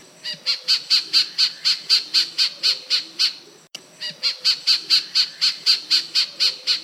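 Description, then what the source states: White-faced robin singing two quick runs of evenly spaced high notes, with a brief break between the runs. Recorded in Papua New Guinea.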